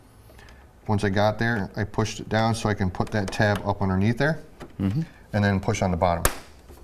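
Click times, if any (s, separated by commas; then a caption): none. A plastic top front cover is being fitted back onto the front of a Gaggia Anima espresso machine, with its tab hooked up underneath before the bottom is pushed. Someone talks through most of the clip, with a faint tap near 0.4 s and a sharp broadband hit near 6.3 s. Nothing has seated or clicked yet.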